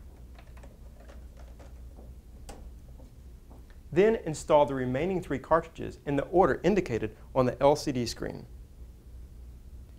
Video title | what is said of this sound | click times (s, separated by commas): How to Set Up your Brother Printer | install the black ink cartridge in the black colorcoded slot until it clicks into place | 2.5 s